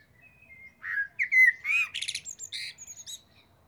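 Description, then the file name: Common blackbird song: a fluted warble, then a squeaky, high twittering flourish of fast chirps, in a quiet setting. "Turdus merula"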